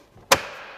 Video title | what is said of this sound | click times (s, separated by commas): Ford Bronco ProClip Phone & GoPro Mount Installation | and it snaps right in that is definitely secure | 0.3 s